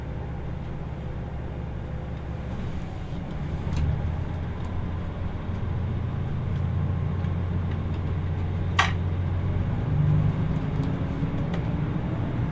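A ride aboard the Kyushu Odan limited express on the Hōhi Line, heard as a steady low rumble and drone from the moving train. A bright sharp squeal cuts through near the nine-second mark, and faint clicks and taps occur throughout.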